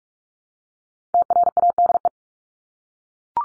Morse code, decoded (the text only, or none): TRADE